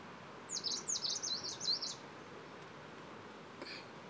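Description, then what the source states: Ludlowi: bird song of about six bright, high, wavering notes in quick succession, followed by silence and a single faint click. Song recorded on 9 July 2016.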